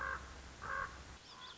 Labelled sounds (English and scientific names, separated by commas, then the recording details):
Common Raven (Corvus corax)
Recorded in Sonoma County, California